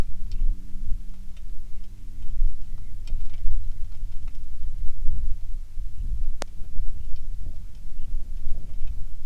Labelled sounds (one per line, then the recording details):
bird
wind
rain
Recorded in the Prudhoe Bay oil fields, Alaska, on 27 July 2019 at 18:29
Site 19